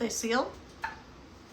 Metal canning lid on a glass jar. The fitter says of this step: one just did if you heard it pop down